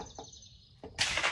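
The quick-detach connector of a visible/IR laser device is pulled back on a K-USA KR-9 pistol, with a faint high-pitched tone over quiet background noise. A soft tap comes at 0.8 s, then a sharp, bright click at 1.0 s as the mount locks into place.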